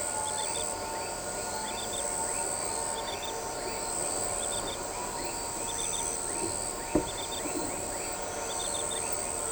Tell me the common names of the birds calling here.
none